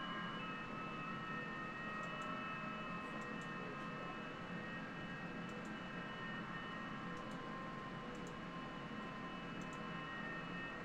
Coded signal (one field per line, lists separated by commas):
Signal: FT8